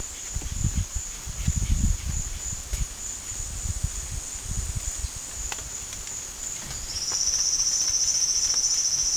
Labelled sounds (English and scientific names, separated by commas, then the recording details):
none
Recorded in secondary vegetation near Puerto Asís, Putumayo, Colombia, on 24 June 2025
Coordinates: 0.488, -76.319
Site G094